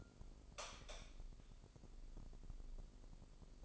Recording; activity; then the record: daily activity, microphone in the room; light on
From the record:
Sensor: 5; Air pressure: 995.4 hPa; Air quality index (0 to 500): 88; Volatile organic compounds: 4 ppm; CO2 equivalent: 1648 ppm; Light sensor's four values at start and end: 35/81/33/33 and 36/86/35/35